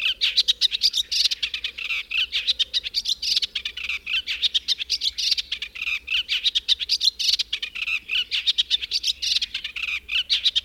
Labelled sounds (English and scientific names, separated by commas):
Eastern Olivaceous Warbler (Iduna pallida) song